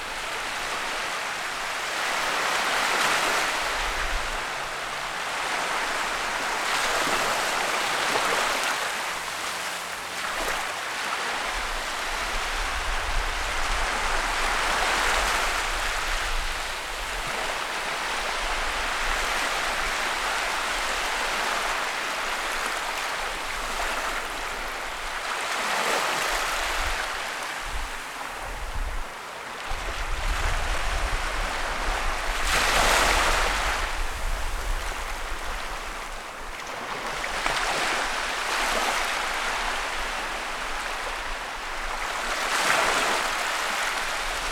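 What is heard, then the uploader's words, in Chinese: Ocean waves wash in continuously at the shore, a dense hiss of foam and churning water with no quiet gaps. Brighter surges come every few seconds, strongest around 3, 15, 33 and 43 seconds, over a low rumble that swells and fades. 海浪声。落日时刻的海边。浪夹杂着泡沫与砂砾。本期大家听到的声音是我们在海边录制的白噪音，。本期录音设备：ZOOM H5。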